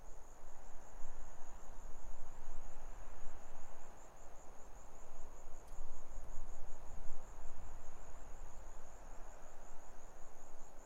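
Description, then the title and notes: Grasshoppers producing a constant high, evenly pulsed buzzing, set against heavy wind that rises and falls in waves. Grasshoppers stridulating on a lukewarm autumn afternoon, 6 May 2015, arid Barrier Ranges near Broken Hill, Australian outback; wind through desert she-oaks. "Autumn) Quiet Afternoon In The Barrier Ranges. Grasshoppers stridulate, sparse bird song reverberates across the arid hills while the ever-present wind sings through the desert she-oaks. Recorded on a lukewarm afternoon in the Australian outback, not far from the "city" of Broken Hill. 6th of May, 2015"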